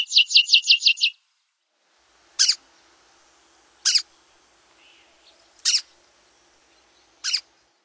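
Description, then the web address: Canyon towhee, a quick run of about seven sharp, high chip notes, followed by four single sharp chips spaced roughly every one and a half seconds. "Songs of Birds of North America Stokes. Canyon Towhee"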